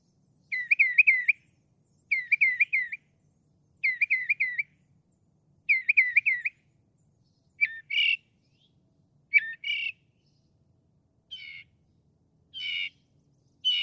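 Northern mockingbird song: a chattering double phrase repeated four times, then switching to other harsh, buzzy notes in a varied sequence.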